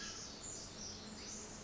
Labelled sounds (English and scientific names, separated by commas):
Pacific Wren (Troglodytes pacificus)